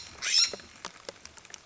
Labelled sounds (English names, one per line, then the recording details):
California Scrub-Jay
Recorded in Sonoma County, California